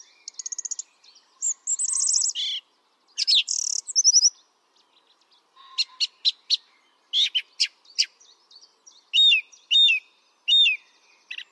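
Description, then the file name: Song thrush song: a string of varied, loud whistled and chattering phrases, ending with one bright slurred phrase repeated three times in a row. "Pevchij drozd - Pesnya pevchego drozda"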